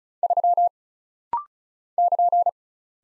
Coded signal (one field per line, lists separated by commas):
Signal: Morse code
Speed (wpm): 36 wpm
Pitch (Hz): 700 Hz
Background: none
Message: 3 <KN>